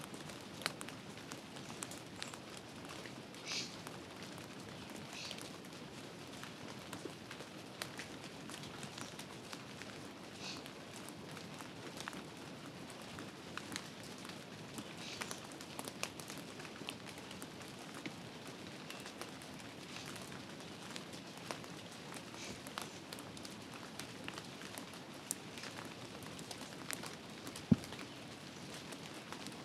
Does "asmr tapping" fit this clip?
no